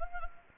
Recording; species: mosquito wingbeat signal from an infrared sensor; Anopheles gambiae